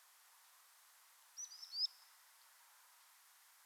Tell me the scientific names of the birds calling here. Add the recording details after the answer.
Actitis hypoleucos. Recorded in France